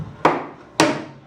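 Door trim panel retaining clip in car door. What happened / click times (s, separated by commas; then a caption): The panel's retaining clips popped free / 0.2 s, 0.8 s. A classic car's door trim panel is pulled away from the door, and its push-in retaining clips snap out with two sharp, bright pops at 0.3 and 0.8 seconds, each fading into a short ringing tail. The door panel clip pops off and is released from the car door.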